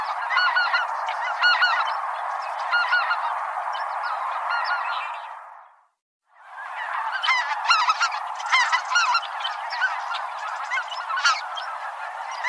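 Birds in a flock give a busy chorus of overlapping honks and chatter, which drops to silence briefly midway before the calling resumes just as densely.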